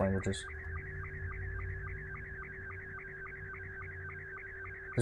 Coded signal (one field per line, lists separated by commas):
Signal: SSTV (slow-scan television)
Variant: Scottie 2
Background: speech